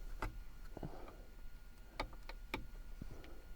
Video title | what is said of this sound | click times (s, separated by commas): Land Rover Freelander 2 locking & unlocking setting / problems / beeping / IID tool | he said it's gone there you go nice click | 2.5 s